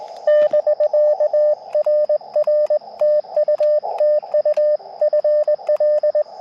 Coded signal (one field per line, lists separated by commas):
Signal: Morse code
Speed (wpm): 20 wpm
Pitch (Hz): 600 Hz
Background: radio noise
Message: <BK> RR TU TU FL